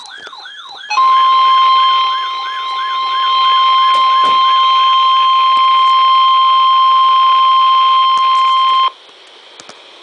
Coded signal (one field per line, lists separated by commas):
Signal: Emergency Alert System (SAME) tones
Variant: 1050 Hz attention tone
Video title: (RARE!) PDS Severe Thunderstorm Watch #308 for Dorchester County in Maryland {EAS #1320} 6-13-13